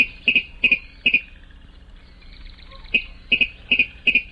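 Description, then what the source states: Virginia Rail giving sharp, high doubled ticks: three in quick succession, a gap of nearly two seconds, then four more evenly spaced. Secretive bird; played as the mystery bird in a radio contest.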